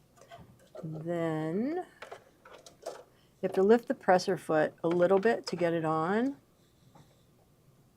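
A buttonhole presser foot is being handled for attachment to the foot holder of a sewing machine, with the presser foot lifted a little to fit it on. Someone talks while a few short handling taps and knocks sound in the background. Nothing has seated or clicked yet; the foot has not snapped into place by the end of the clip.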